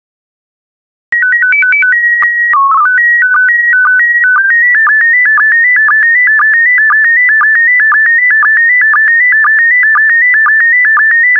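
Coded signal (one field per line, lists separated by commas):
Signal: SSTV (slow-scan television)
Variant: PD120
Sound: steady calibration tone, then a warbling tone stepping in pitch with regular low blips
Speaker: Five, four, three, two, one. Thank you. Transmission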